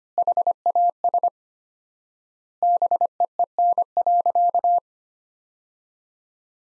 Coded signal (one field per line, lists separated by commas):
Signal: Morse code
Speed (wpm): 25 wpm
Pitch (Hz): 700 Hz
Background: none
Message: HAS BEEN.